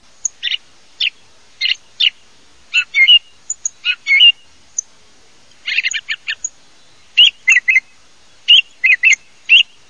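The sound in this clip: Thrush calls, short sharp chirps and clicks given singly or in quick clusters at irregular intervals, against a quiet background.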